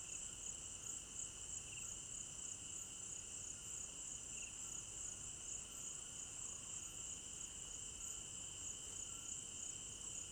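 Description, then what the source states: Cricket chorus of rapid high trills with a continuous lower tone and occasional brief chirps, steady and unbroken over quiet low noise. Crickets at night in an African village garden; stereo binaural recording.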